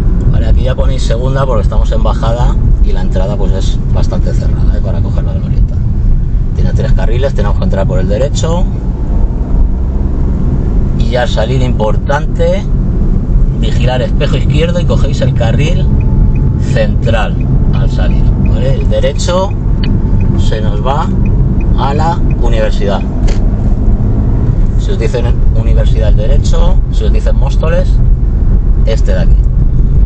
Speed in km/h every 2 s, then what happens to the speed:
38, 29, 23, 24, 35, 39, 40, 40, 38, 40, 38, 38, 43, 44, 44.
0-5 slows to 23. 5-10 speeds up to 39. 10-30 steady at about 40.